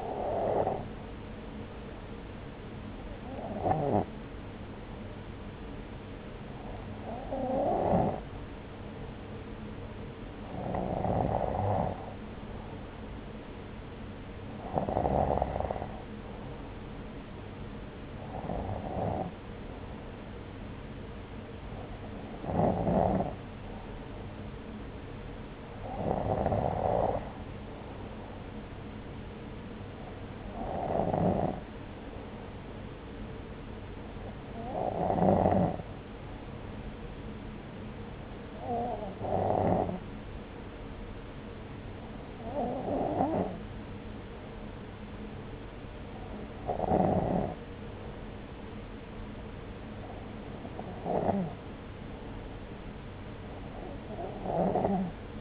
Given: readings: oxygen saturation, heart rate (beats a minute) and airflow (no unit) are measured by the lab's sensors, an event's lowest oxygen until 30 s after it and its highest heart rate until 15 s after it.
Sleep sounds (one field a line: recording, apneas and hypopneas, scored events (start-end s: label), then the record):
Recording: breathing in sleep by a voice recorder at the bedside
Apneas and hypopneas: none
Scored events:
none scored
From the record:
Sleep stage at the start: N2 (light sleep)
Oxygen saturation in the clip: 94 to 95%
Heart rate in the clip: 63 to 66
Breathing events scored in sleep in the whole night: 303 in 8.1 hours asleep